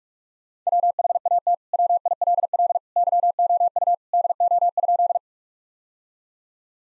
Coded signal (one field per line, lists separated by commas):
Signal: Morse code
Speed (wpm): 43 wpm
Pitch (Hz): 700 Hz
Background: none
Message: WHAT WILL YOU DO?